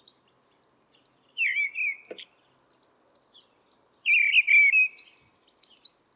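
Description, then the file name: Mistle thrush singing two short fluting, warbled phrases separated by a pause of about two seconds, with a brief click in between and a quiet background. Holywell, 7 April 2025. "Mistle Thrush Holywell 07-04-2025"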